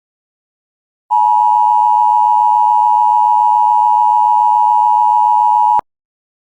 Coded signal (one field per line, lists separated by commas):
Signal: Emergency Alert System (SAME) tones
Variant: 853 and 960 Hz attention tone